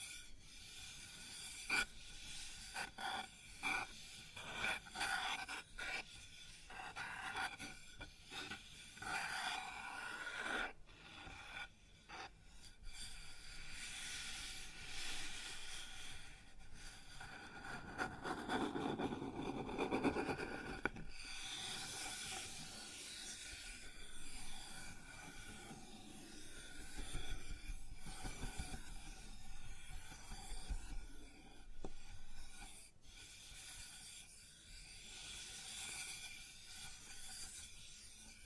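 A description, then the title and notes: Scraping and rubbing on a wooden surface, a rough rasping texture that swells and fades in uneven strokes throughout. Short sharp knocks punctuate the first twelve seconds, while a longer, fuller grinding pass builds around eighteen to twenty-one seconds. ASMR Sounds on Wooden Surface (No Talking).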